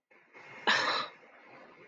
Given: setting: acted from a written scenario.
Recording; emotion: vocal sound without words; contempt